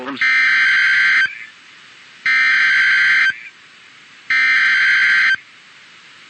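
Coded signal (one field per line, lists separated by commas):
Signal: Emergency Alert System (SAME) tones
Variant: header bursts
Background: speech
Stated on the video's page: Real EAS captures of severe weather alerts.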